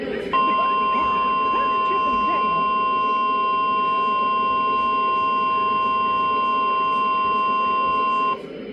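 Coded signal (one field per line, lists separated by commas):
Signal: Emergency Alert System (SAME) tones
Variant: 1050 Hz attention tone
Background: speech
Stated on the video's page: Required Monthly Test of the Emergency Alert System, recorded off-air.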